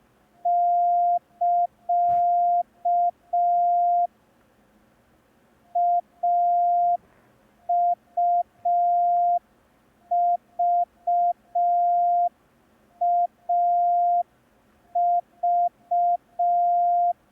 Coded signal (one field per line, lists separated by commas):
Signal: Morse code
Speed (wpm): 5 wpm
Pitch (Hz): 700 Hz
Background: none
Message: <KA> AUVAV